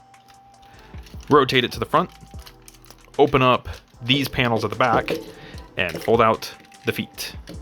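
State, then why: Not seated. Someone talks while handling a plastic transforming robot toy, rotating it to the front, opening the panels at the back and starting to fold out the feet at the foot joints of the lower legs. Faint plastic handling taps are heard around 2.7 to 3.1 seconds. The feet have not clicked into place yet; nothing has seated.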